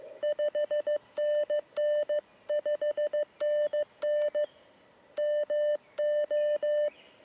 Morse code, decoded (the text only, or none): 5NN 5NN MO